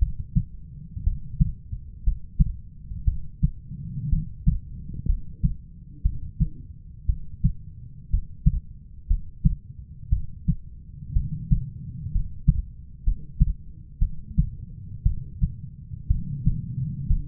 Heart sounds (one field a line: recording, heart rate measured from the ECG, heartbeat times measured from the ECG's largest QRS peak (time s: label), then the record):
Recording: heart sounds by stethoscope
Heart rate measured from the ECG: 60 bpm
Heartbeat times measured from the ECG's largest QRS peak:
1.03 s: heartbeat
2.03 s: heartbeat
3.04 s: heartbeat
4.09 s: heartbeat
5.06 s: heartbeat
6.02 s: heartbeat
7.06 s: heartbeat
8.09 s: heartbeat
9.07 s: heartbeat
10.09 s: heartbeat
11.13 s: heartbeat
12.11 s: heartbeat
13.03 s: heartbeat
13.99 s: heartbeat
15.03 s: heartbeat
16.07 s: heartbeat
17.07 s: heartbeat
From the record:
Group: healthy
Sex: female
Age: 37 years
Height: 168 cm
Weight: 70 kg